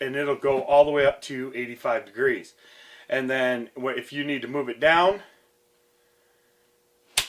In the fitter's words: it clicks right into the next one so those are